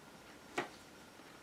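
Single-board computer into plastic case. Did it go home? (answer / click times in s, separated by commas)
yes / 0.6 s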